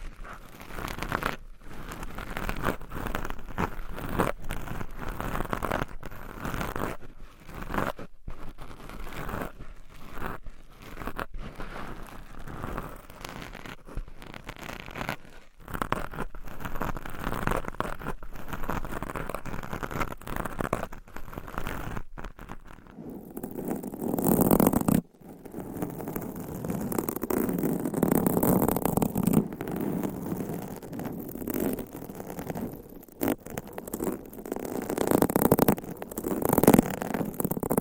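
Nails scratch across microphone covers in quick, dense strokes, a raspy scraping texture broken by frequent short gaps. Around 23 seconds the sound shifts to a fuller, rougher rubbing with more low rumble, a sharp break near 25 seconds, then continued louder scraping.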